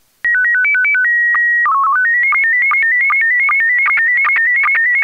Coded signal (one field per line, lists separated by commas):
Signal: SSTV (slow-scan television)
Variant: PD 50